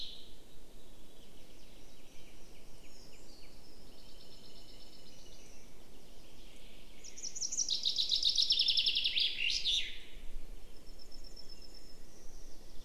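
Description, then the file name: Common chaffinch song: a bright trill descending in pitch and ending in a sharp flourish, with fainter high notes before and after, over steady low background noise. "Fringilla coelebs"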